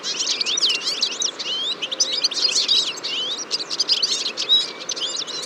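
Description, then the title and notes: Eurasian siskin chorus, continuous overlapping high twitters, trills and wheezy slurred notes from many birds, busy and unbroken across the whole stretch. Large flock at a feeder on a February morning, 23 February 2014, Fourcinet, Drôme, France; recorded with Nagra Seven and Telinga P7. "Choeur de fringilles. 23 février 2014-Fourcinet - Drôme. à la mangeoire un grand nombre de Tarin des aulnes (Carduelis spinus)"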